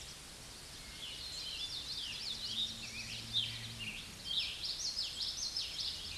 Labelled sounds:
Common Yellowthroat song
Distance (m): 30 m
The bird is about 10 m above the microphone
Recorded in a Pennsylvania forest on 16 May 2024 at 08:19
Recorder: AudioMoth, point MSD-1418
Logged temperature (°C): 16.4 °C
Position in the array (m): 234 m, 173 m

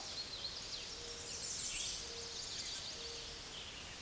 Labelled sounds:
American Redstart song
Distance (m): 35 m
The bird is about 15 m above the microphone
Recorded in a Pennsylvania forest on 16 May 2024 at 06:13
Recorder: AudioMoth, point MSD-0827
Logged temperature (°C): 12.1 °C
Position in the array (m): 110 m, 226 m

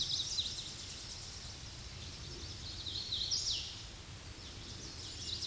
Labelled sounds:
Hooded Warbler song
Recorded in a Pennsylvania forest on 16 May 2024 at 08:05
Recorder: AudioMoth, point MSD-2164
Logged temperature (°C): 15.8 °C
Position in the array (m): 169 m, 105 m

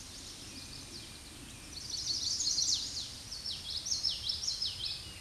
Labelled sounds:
Common Yellowthroat song
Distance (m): 30 m
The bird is about 5 m above the microphone
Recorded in a Pennsylvania forest on 16 May 2024 at 07:04
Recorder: AudioMoth, point MSD-2304
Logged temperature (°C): 16.0 °C
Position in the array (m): 235 m, 173 m

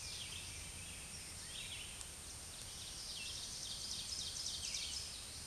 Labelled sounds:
Ovenbird song
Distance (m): 60 m
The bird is about 5 m above the microphone
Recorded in a Pennsylvania forest on 16 May 2024 at 07:33
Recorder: AudioMoth, point MSD-2083
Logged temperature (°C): 16.7 °C
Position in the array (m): 170 m, -30 m

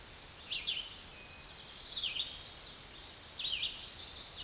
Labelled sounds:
Red-eyed Vireo song
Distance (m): 25 m
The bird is about 20 m above the microphone
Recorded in a Pennsylvania forest on 16 May 2024 at 07:17
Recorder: AudioMoth, point MSD-2258
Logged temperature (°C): 15.2 °C
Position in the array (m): 168 m, 69 m

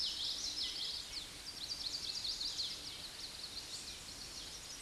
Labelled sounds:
Chestnut-sided Warbler song
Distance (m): 45 m
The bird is about 5 m above the microphone
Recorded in a Pennsylvania forest on 16 May 2024 at 06:57
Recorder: AudioMoth, point MSD-1418
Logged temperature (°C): 16.4 °C
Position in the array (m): 171 m, 176 m

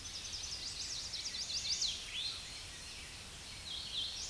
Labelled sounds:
Eastern Towhee song
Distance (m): 25 m
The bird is about 10 m above the microphone
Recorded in a Pennsylvania forest on 16 May 2024 at 09:34
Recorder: AudioMoth, point MSD-2095
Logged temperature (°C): 16.3 °C
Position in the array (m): 166 m, 66 m

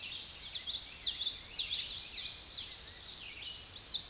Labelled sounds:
Common Yellowthroat song
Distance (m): 30 m
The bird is about 5 m below the microphone
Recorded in a Pennsylvania forest on 16 May 2024 at 06:56
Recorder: AudioMoth, point MSD-2456
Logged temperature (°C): 16.4 °C
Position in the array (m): 200 m, 81 m

